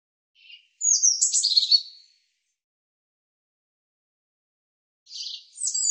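European robin song: a brief faint note, then a high, thin, rapidly varied warbled phrase lasting about a second, silence, and another sparkling phrase starting near the end.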